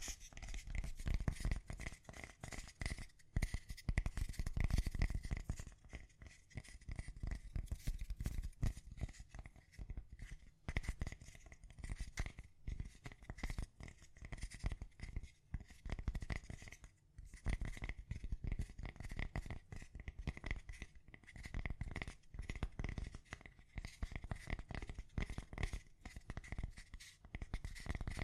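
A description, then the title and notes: Gentle tapping goes on in quick, uneven bursts with brief pauses, a soft papery scratch under it and a steady faint high tone throughout. ASMR Gently Tapping You to Sleep (No Talking).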